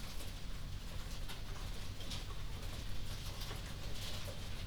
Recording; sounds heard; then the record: poultry house recording; healthy chickens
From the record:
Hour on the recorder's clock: 0